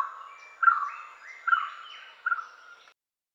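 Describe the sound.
Orange-footed scrubfowl calls: three loud harsh notes, each trailing into a drawn-out wail, then silence.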